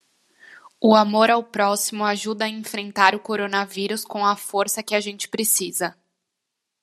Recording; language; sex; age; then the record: spoken sentence; Brazilian Portuguese; female; 20 to 29 years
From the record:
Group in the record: control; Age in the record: 25 years